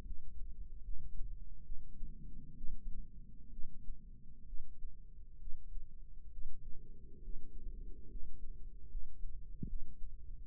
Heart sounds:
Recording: heart sounds by microphone in the left ear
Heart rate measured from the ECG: 69 bpm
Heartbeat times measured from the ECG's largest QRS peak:
0.04 s: heartbeat
0.83 s: heartbeat
1.64 s: heartbeat
2.56 s: heartbeat
3.51 s: heartbeat
4.46 s: heartbeat
5.39 s: heartbeat
6.30 s: heartbeat
7.21 s: heartbeat
8.09 s: heartbeat
8.88 s: heartbeat
9.67 s: heartbeat
10.45 s: heartbeat
From the record:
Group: healthy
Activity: rest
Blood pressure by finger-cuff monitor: 140/70 mmHg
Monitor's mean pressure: 94 mmHg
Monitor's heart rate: 66 bpm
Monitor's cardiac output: 6.3 L/min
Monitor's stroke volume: 94 mL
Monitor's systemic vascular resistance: 1070 dyn s/cm5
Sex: female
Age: 37 years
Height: 168 cm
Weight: 70 kg

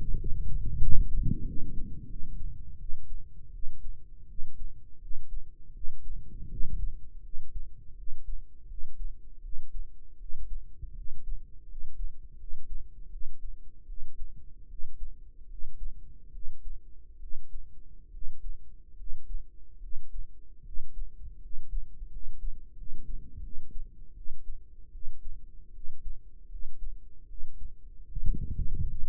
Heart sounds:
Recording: heart sounds by microphone in the right ear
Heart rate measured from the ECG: 79 bpm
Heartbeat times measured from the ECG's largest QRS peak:
0.14 s: heartbeat
0.78 s: heartbeat
1.43 s: heartbeat
2.06 s: heartbeat
2.77 s: heartbeat
3.50 s: heartbeat
4.26 s: heartbeat
4.98 s: heartbeat
5.71 s: heartbeat
6.48 s: heartbeat
7.21 s: heartbeat
7.94 s: heartbeat
8.66 s: heartbeat
9.40 s: heartbeat
10.17 s: heartbeat
10.93 s: heartbeat
11.65 s: heartbeat
12.36 s: heartbeat
13.08 s: heartbeat
13.85 s: heartbeat
14.66 s: heartbeat
15.46 s: heartbeat
16.30 s: heartbeat
17.18 s: heartbeat
18.09 s: heartbeat
18.94 s: heartbeat
19.78 s: heartbeat
20.61 s: heartbeat
21.38 s: heartbeat
22.08 s: heartbeat
22.74 s: heartbeat
23.40 s: heartbeat
24.13 s: heartbeat
24.90 s: heartbeat
25.71 s: heartbeat
26.47 s: heartbeat
27.26 s: heartbeat
28.06 s: heartbeat
28.86 s: heartbeat
From the record:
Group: healthy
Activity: rest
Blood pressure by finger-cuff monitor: 109/76 mmHg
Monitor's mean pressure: 82 mmHg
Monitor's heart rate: 81 bpm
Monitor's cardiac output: 5.9 L/min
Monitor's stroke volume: 72 mL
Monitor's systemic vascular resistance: 1020 dyn s/cm5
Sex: male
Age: 21 years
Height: 170 cm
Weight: 71 kg

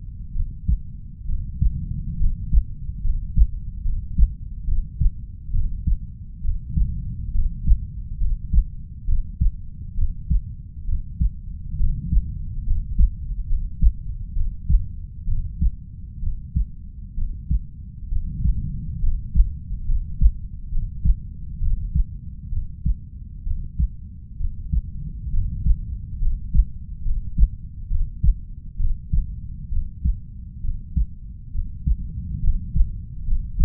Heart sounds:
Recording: heart sounds by stethoscope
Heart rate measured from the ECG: 67 bpm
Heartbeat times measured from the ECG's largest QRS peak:
0.32 s: heartbeat
1.25 s: heartbeat
2.17 s: heartbeat
3.01 s: heartbeat
3.82 s: heartbeat
4.64 s: heartbeat
5.51 s: heartbeat
6.41 s: heartbeat
7.31 s: heartbeat
8.18 s: heartbeat
9.05 s: heartbeat
9.94 s: heartbeat
10.85 s: heartbeat
11.76 s: heartbeat
12.63 s: heartbeat
13.46 s: heartbeat
14.33 s: heartbeat
15.24 s: heartbeat
16.19 s: heartbeat
17.14 s: heartbeat
18.08 s: heartbeat
18.99 s: heartbeat
19.85 s: heartbeat
20.69 s: heartbeat
21.58 s: heartbeat
22.49 s: heartbeat
23.43 s: heartbeat
24.37 s: heartbeat
25.30 s: heartbeat
26.18 s: heartbeat
27.02 s: heartbeat
27.87 s: heartbeat
28.76 s: heartbeat
29.69 s: heartbeat
30.61 s: heartbeat
31.51 s: heartbeat
32.40 s: heartbeat
33.24 s: heartbeat
From the record:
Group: healthy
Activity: rest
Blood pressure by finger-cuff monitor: 115/60 mmHg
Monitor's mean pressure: 76 mmHg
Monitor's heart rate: 66 bpm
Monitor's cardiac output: 5.6 L/min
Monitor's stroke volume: 83 mL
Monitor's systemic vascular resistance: 990 dyn s/cm5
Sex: female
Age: 32 years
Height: 168 cm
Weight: 61.9 kg

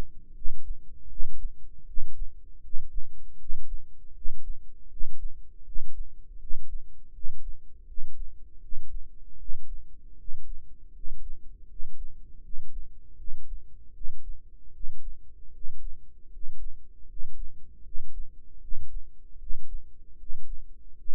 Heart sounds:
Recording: heart sounds by microphone in the right ear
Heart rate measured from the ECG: 79 bpm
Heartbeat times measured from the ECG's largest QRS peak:
0.33 s: heartbeat
1.08 s: heartbeat
1.85 s: heartbeat
2.61 s: heartbeat
3.37 s: heartbeat
4.13 s: heartbeat
4.88 s: heartbeat
5.63 s: heartbeat
6.38 s: heartbeat
7.12 s: heartbeat
7.85 s: heartbeat
8.60 s: heartbeat
9.37 s: heartbeat
10.16 s: heartbeat
10.92 s: heartbeat
11.67 s: heartbeat
12.41 s: heartbeat
13.16 s: heartbeat
13.92 s: heartbeat
14.71 s: heartbeat
15.51 s: heartbeat
16.30 s: heartbeat
17.06 s: heartbeat
17.82 s: heartbeat
18.59 s: heartbeat
19.37 s: heartbeat
20.16 s: heartbeat
20.94 s: heartbeat
From the record:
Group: healthy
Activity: rest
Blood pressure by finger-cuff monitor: 107/72 mmHg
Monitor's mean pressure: 79 mmHg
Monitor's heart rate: 80 bpm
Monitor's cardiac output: 6.4 L/min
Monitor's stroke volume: 80 mL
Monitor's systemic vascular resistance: 910 dyn s/cm5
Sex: male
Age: 35 years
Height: 180 cm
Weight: 86.9 kg

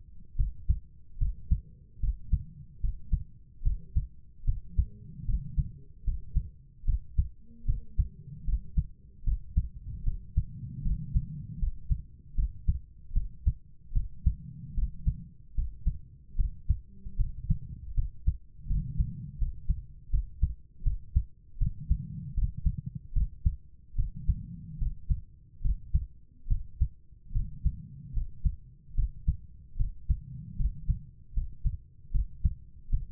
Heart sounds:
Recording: heart sounds by stethoscope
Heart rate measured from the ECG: 76 bpm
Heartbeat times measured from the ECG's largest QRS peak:
0.35 s: heartbeat
1.17 s: heartbeat
1.99 s: heartbeat
2.80 s: heartbeat
3.62 s: heartbeat
4.44 s: heartbeat
5.25 s: heartbeat
6.04 s: heartbeat
6.84 s: heartbeat
7.65 s: heartbeat
8.44 s: heartbeat
9.23 s: heartbeat
10.03 s: heartbeat
10.82 s: heartbeat
11.58 s: heartbeat
12.34 s: heartbeat
13.12 s: heartbeat
13.92 s: heartbeat
14.74 s: heartbeat
15.54 s: heartbeat
16.35 s: heartbeat
17.16 s: heartbeat
17.94 s: heartbeat
18.66 s: heartbeat
19.38 s: heartbeat
20.09 s: heartbeat
20.82 s: heartbeat
21.57 s: heartbeat
22.34 s: heartbeat
23.12 s: heartbeat
23.95 s: heartbeat
24.78 s: heartbeat
25.61 s: heartbeat
26.47 s: heartbeat
27.32 s: heartbeat
28.13 s: heartbeat
28.94 s: heartbeat
29.76 s: heartbeat
30.56 s: heartbeat
31.33 s: heartbeat
32.11 s: heartbeat
32.89 s: heartbeat
From the record:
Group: healthy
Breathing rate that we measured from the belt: 19 breaths a minute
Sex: female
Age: 32 years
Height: 172 cm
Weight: 71.7 kg

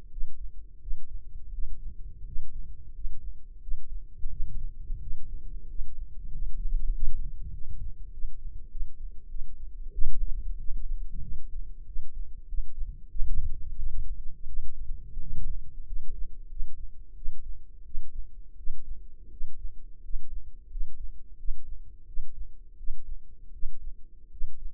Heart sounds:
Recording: heart sounds by microphone in the left ear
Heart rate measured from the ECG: 89 bpm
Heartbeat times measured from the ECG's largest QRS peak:
0.09 s: heartbeat
0.79 s: heartbeat
1.50 s: heartbeat
2.23 s: heartbeat
2.92 s: heartbeat
3.59 s: heartbeat
4.28 s: heartbeat
4.99 s: heartbeat
5.66 s: heartbeat
6.29 s: heartbeat
6.90 s: heartbeat
7.51 s: heartbeat
8.10 s: heartbeat
8.68 s: heartbeat
9.27 s: heartbeat
9.90 s: heartbeat
10.57 s: heartbeat
11.20 s: heartbeat
11.84 s: heartbeat
12.46 s: heartbeat
13.07 s: heartbeat
13.75 s: heartbeat
14.46 s: heartbeat
15.18 s: heartbeat
15.83 s: heartbeat
16.47 s: heartbeat
17.13 s: heartbeat
17.83 s: heartbeat
18.55 s: heartbeat
19.29 s: heartbeat
20.01 s: heartbeat
20.68 s: heartbeat
21.36 s: heartbeat
22.05 s: heartbeat
22.75 s: heartbeat
23.51 s: heartbeat
24.29 s: heartbeat
From the record:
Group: healthy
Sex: male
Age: 21 years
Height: 180 cm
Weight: 67.5 kg

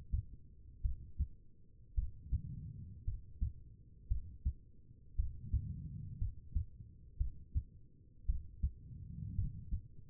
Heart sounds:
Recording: heart sounds by stethoscope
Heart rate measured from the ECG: 56 bpm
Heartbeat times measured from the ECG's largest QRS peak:
0.82 s: heartbeat
1.95 s: heartbeat
3.05 s: heartbeat
4.08 s: heartbeat
5.16 s: heartbeat
6.18 s: heartbeat
7.18 s: heartbeat
8.26 s: heartbeat
9.35 s: heartbeat
From the record:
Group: healthy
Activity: rest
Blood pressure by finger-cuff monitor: 87/58 mmHg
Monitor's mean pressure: 66 mmHg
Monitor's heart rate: 56 bpm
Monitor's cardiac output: 4.1 L/min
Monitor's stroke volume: 74 mL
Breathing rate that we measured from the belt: 19 breaths a minute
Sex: female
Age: 36 years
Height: 163 cm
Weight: 88 kg

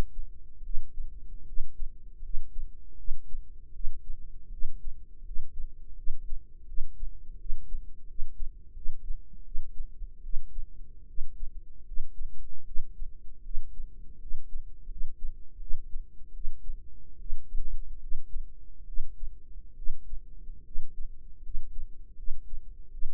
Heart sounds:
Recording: heart sounds by microphone in the right ear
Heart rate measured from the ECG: 78 bpm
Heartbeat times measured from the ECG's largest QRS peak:
0.61 s: heartbeat
1.43 s: heartbeat
2.20 s: heartbeat
2.95 s: heartbeat
3.71 s: heartbeat
4.48 s: heartbeat
5.22 s: heartbeat
5.94 s: heartbeat
6.64 s: heartbeat
7.36 s: heartbeat
8.05 s: heartbeat
8.72 s: heartbeat
9.42 s: heartbeat
10.20 s: heartbeat
11.05 s: heartbeat
11.83 s: heartbeat
12.63 s: heartbeat
13.41 s: heartbeat
14.17 s: heartbeat
14.86 s: heartbeat
15.57 s: heartbeat
16.31 s: heartbeat
17.16 s: heartbeat
17.98 s: heartbeat
18.84 s: heartbeat
19.73 s: heartbeat
20.62 s: heartbeat
21.40 s: heartbeat
22.14 s: heartbeat
22.88 s: heartbeat
From the record:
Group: healthy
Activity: rest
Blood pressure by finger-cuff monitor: 123/71 mmHg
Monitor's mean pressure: 89 mmHg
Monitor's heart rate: 77 bpm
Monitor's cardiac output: 7 L/min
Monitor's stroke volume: 89 mL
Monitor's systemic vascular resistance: 940 dyn s/cm5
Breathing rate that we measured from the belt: 18 breaths a minute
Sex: female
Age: 23 years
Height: 160 cm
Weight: 50.4 kg

